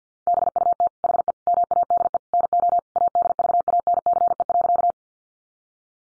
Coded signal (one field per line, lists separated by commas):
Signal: Morse code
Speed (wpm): 50 wpm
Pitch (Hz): 700 Hz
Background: none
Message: BUT HE MADE NO ADVANCE.